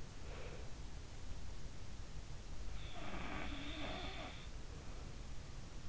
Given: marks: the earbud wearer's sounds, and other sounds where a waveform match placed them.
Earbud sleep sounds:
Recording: sounds in sleep by an in-ear microphone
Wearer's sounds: breath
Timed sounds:
0.08-0.86 s: breath
2.80-4.42 s: sound from someone else or the room

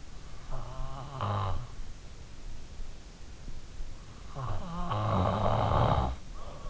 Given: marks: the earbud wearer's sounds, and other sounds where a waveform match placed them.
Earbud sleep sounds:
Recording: sounds in sleep by an in-ear microphone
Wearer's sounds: snoring breath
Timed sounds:
0.13-2.07 s: snoring breath
4.08-6.70 s: snoring breath

